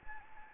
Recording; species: mosquito wingbeat signal from an infrared sensor; Anopheles gambiae